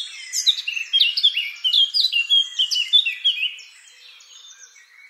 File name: Sylvia atricapilla